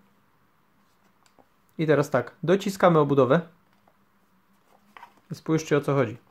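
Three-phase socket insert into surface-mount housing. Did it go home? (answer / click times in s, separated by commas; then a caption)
no / none. The plastic insert of a surface-mounted 16A three-phase power socket is pressed into its housing while someone talks. Only faint, short handling ticks are heard, around 1.3 s, 3.7–3.9 s and a sharper one at 5.0 s. The insert has not seated or clicked into place yet.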